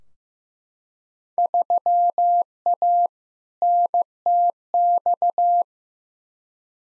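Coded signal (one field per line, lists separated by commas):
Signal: Morse code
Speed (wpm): 15 wpm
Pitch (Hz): 700 Hz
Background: none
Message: 3A NTX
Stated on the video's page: Morse practice of Field Day exchanges at 15wpm for head-copy, each sent twice.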